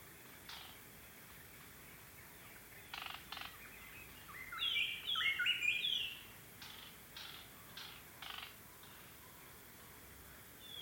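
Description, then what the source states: White-browed robin-chat singing a short burst of bright whistled phrases, surrounded by scattered dry clicking or snapping sounds. Okavango Panhandle, 14 August 2015, 6:36 AM; ever-changing song; microphone set outside tent; Sound Devices 702 recorder with Sennheiser 418 stereo mic.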